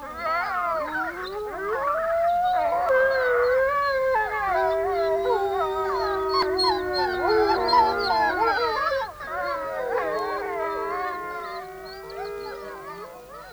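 Several wolves howl together in long, overlapping wavering tones, some rising and sliding in pitch while a steadier low howl holds underneath, a loud continuous chorus with no talking.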